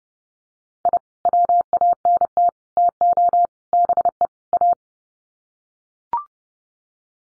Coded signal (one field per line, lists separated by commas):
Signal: Morse code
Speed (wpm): 28 wpm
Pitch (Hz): 700 Hz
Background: none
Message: I WANT TO BE A